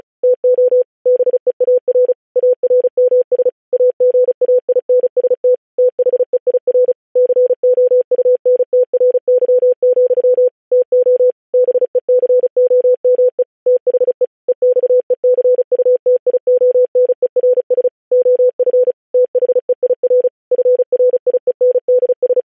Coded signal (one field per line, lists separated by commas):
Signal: Morse code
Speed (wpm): 36 wpm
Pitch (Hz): 500 Hz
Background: none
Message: TO BEAR ARMS AGAINST THEIR COUNTRY, TO BECOME THE EXECUTIONERS OF THEIR FRIENDS